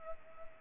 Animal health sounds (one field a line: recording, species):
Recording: mosquito wingbeat signal from an infrared sensor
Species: Culex pipiens